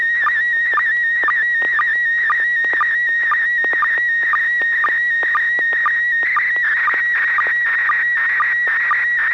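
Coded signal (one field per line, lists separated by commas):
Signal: SSTV (slow-scan television)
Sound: steady warbling tone around 1.9 kHz, interrupted by short low blips about twice a second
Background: FM radio hiss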